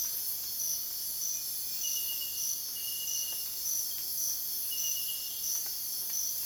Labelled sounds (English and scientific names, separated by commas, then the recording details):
none
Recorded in dense forest near Puerto Asís, Putumayo, Colombia, on 23 June 2025 at 04:30
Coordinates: 0.484, -76.325
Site H65